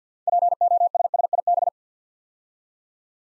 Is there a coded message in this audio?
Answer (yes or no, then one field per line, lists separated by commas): yes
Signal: Morse code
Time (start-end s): 0.3-1.7 s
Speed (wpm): 48 wpm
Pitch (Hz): 700 Hz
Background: none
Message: POSSIB